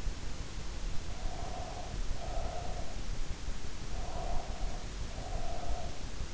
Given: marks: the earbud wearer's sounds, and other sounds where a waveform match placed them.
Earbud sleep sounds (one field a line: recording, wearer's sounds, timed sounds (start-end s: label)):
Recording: sounds in sleep by an in-ear microphone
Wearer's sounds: breath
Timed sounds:
0.97-3.11 s: breath
3.62-6.25 s: breath